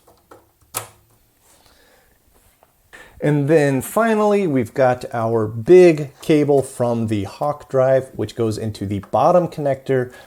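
A DMA ribbon cable connector is pushed onto the edge connector of a minicomputer CPU card and pops into place with a sharp click at 0.8 s, seating it. After a quiet stretch, someone talks from about 3 s to the end.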